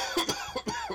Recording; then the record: coughing mixed with background sound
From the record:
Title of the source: Dry Coughing Fit in the Afternoon.